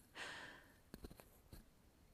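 A single breathy, hissing snort lasts about half a second, followed by a few soft clicks and puffs in a quiet room. This is a pet dog, Alfie, snoring while resting, an ordinary sleep sound.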